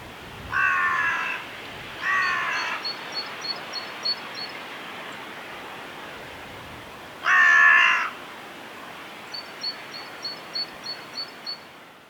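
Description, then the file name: Carrion crow uttering two quick harsh caws, then a third several seconds later; a smaller bird repeats short high ticking notes between and after them. "Corvus corone"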